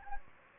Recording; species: mosquito wingbeat signal from an infrared sensor; Anopheles gambiae